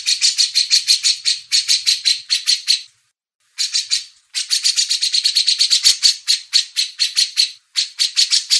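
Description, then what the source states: Grey-cheeked bulbul song: bursts of rapid, harsh chattering notes in fast pulsed phrases, broken by a few brief pauses. Masteran recording, a training audio for cage birds.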